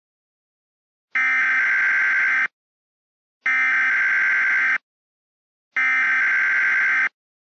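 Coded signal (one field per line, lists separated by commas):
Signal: Emergency Alert System (SAME) tones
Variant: header bursts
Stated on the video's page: Fictional EAS scenario, not a real alert.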